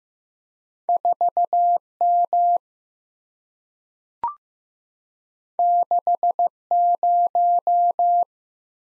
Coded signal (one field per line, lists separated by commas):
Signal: Morse code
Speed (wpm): 15 wpm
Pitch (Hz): 700 Hz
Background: none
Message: 4M 60